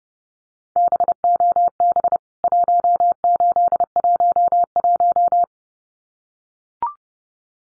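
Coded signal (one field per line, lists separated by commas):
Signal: Morse code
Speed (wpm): 30 wpm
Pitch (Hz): 700 Hz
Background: none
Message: BOB 1811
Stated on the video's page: Morse practice of CWT contest exchanges (name and membership number) at 30wpm for head-copy, each sent twice.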